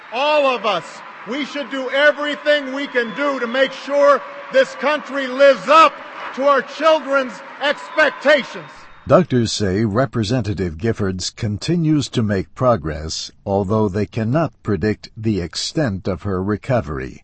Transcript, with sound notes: All of us -– we should do everything we can to make sure this country lives up to our children’s expectations. [Applause] Doctors say Representative Giffords continues to make progress, although they cannot predict the extent of her recovery.